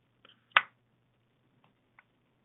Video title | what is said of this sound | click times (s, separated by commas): How to Replace the battery in Your QS5535 Temp S | on the bottom you'll see a little Groove here they snap right in | 0.6 s